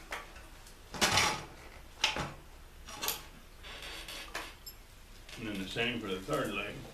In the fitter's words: pull this up it locks in place and